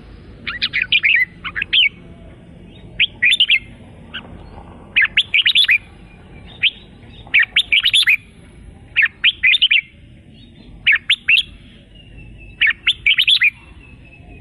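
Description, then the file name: Red-whiskered bulbul song: short liquid phrases of quick whistled notes, repeated roughly every one to two seconds with brief pauses between. "suara kutilang jambul"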